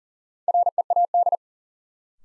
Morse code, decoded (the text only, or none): READ